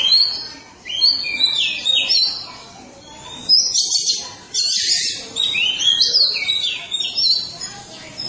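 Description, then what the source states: Oriental magpie-robin song of dense, high, harsh and scratchy phrases, nearly continuous with brief gaps. Chirping song (kicauan) of the bird.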